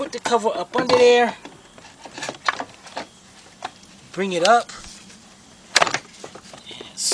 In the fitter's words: snaps right into place you have all the tabs right there lining right up